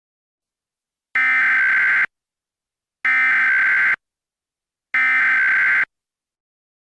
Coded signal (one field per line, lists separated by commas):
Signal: Emergency Alert System (SAME) tones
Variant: header bursts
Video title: EAS- Immediate Evacuation (Mock #16)